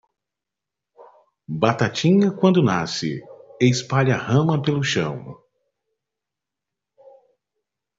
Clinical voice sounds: short text; Brazilian Portuguese; male; 30 to 39 years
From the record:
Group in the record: control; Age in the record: 34 years

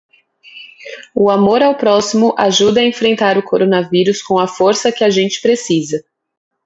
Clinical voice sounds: spoken sentence; Brazilian Portuguese; female; 20 to 29 years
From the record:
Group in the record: control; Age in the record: 28 years

